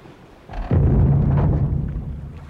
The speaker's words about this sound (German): Rums, sagte das Schiff, denn es saß auf einem Riff.